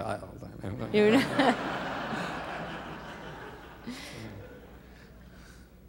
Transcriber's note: laughter